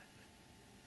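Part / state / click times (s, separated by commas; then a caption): protective cap onto an aircraft fuel drain valve / not seated / none. A protective cap is handled over the end of a homebuilt aircraft's fuel drain valve, fitted to keep dirt out while fixing leaky drains. Only a steady, even broadband hiss is heard, with no distinct click or sudden sound. The cap has not snapped or seated yet.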